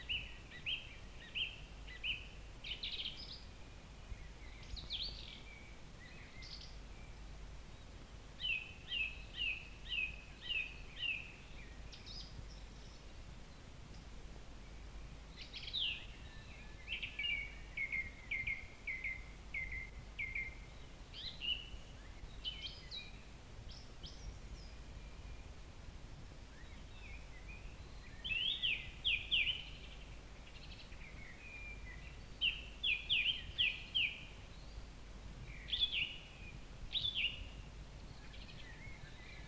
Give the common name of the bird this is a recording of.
Song Thrush